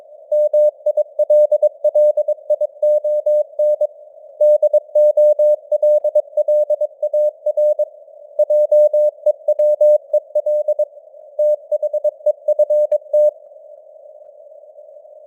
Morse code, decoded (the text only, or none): MILLION DOLLAR JEWEL THEFT